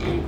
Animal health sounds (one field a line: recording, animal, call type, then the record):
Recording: contact call of a hoofed animal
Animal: pig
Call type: closed-mouth grunt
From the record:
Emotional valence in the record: positive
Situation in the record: food and toys in familiar pen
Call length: 0.28 s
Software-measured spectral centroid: 1530 Hz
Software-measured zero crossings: 1050 a second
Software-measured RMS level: -24 dBFS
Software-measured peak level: -13 dBFS